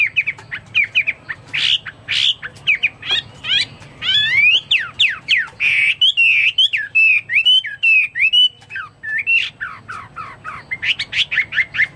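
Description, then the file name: Chinese hwamei song full of rapid chips, sweeping slurred whistles and wavering trills, delivered energetically. "omkicau hwamei"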